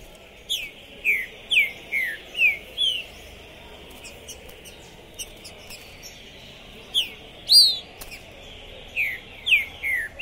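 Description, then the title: Green-winged saltator song: a phrase of about six clear downslurred whistles, a pause, then more whistles near the end, one louder and higher. Captive contest bird at a singing tournament entrance, warming up, calling, singing and giving aggressive challenge song (macheando); pistoleiro song style; 2021. "Seu TRINCA Piando, Cantando E Macheando Na DISPUTA. Esse TRINCA FERRO ficou POSSUÍDO na PORTA do TORNEIO! Trinca Ferro Pistoleiro 2021"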